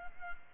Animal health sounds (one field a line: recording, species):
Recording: mosquito wingbeat signal from an infrared sensor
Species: Culex pipiens